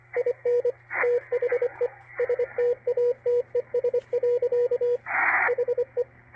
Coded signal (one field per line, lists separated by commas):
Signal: Morse code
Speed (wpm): 24 wpm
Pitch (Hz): 490 Hz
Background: radio noise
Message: IN THE STATES. HE